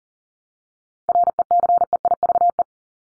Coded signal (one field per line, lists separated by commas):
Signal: Morse code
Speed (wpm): 40 wpm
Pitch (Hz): 700 Hz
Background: none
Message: RECEIVE